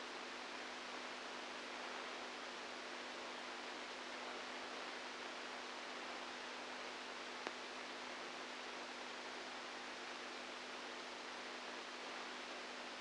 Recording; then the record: brain microelectrode recording played as sound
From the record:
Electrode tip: outside the subthalamic nucleus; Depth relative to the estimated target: 1 mm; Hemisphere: right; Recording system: NeuroSet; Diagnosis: Parkinson's disease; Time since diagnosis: 10 years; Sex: female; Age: 67 years